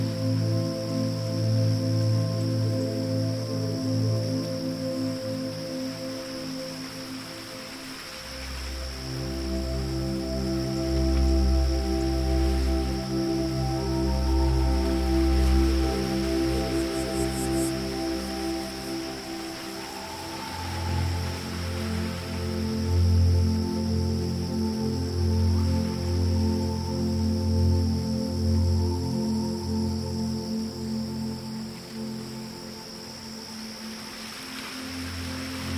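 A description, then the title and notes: Slow, deep sleep music of sustained low tones shifting every few seconds, over a steady high whine like insects and soft hiss. Sleep Music and Autumn Nature Sounds. Deep sleep music with autumn nature sounds.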